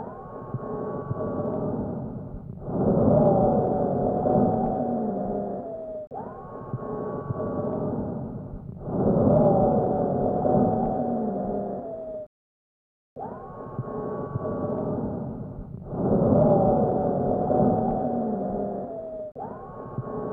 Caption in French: Auscultation trachéale qui permet d'entendre un sibilant polyphonique dont certaines fréquences dépassent 800 Hz, entendu pendant la presque totalité de l'inspiration et de l'expiration. Cette auscultation correspond à celle d'un asthmatique avec obstruction bronchique sévère.